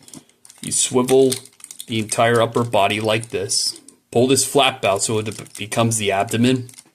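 Someone talks while handling a Transformers ROTF Human Alliance Bumblebee transforming robot toy, swiveling its upper body and pulling the plastic abdomen flap out from the torso, with a few faint plastic handling ticks near the start. The flap has not yet clicked or seated into place by the end.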